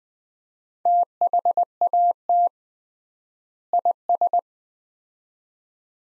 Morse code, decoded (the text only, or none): THAT IS